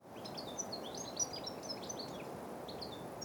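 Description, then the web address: Common starlings calling as a flock, a dense chatter of overlapping short whistles and squeaky notes throughout, over a steady background hiss. Flocks over a pond. "flocks of common starlings over the pond"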